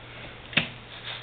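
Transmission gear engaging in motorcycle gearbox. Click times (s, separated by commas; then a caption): 0.6 s. After the motorcycle is rocked back and forth, the shift linkage is pushed all the way in and the gearbox engages fourth gear with a single sharp click at 0.6 s. A low, steady hum runs underneath, and the gear is confirmed seated in fourth.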